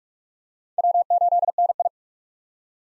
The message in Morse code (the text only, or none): W8NI